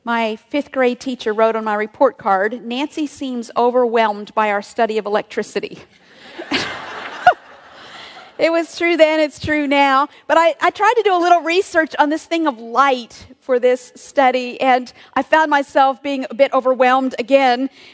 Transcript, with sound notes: my fifth grade teacher wrote on my report card, “Nancy seems overwhelmed by our study of electricity.” (laughter) It was true then, and it’s true now. But I tried to do a little research on this thing of light for this study, and I found myself being a bit overwhelmed again